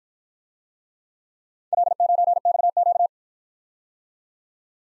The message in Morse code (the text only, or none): L9XQ